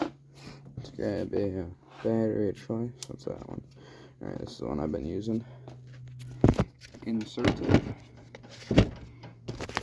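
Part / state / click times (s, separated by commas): power tool battery pack into a cordless air compressor / seated / 9.8 s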